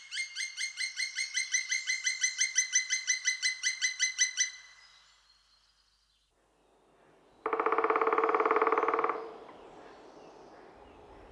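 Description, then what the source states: Black woodpecker calling in a rapid run of ringing, evenly spaced notes for about four seconds; after a pause, a harsh, noisy burst lasts nearly two seconds. Song described as a series of 'quick, quick, quick' notes, or 'kia'.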